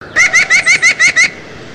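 White-breasted nuthatch giving a quick run of seven nasal, harmonic notes, evenly spaced, each rising slightly, followed by faint background hiss.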